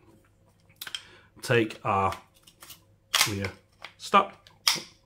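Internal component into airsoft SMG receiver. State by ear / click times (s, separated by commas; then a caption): seated / 4.7 s. During reassembly of a Maruyama SCW9K Pro G airsoft gas blowback SMG, an internal component is pushed home into the receiver while someone talks, with small clicks and handling taps throughout. A sharp snap at 4.7 s marks the part locking into place.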